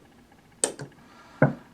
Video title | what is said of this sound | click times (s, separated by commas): Colt Frontier Scout: Shooting & Reviewing .22 lr | half coock position that's two clicks | 0.6 s, 1.4 s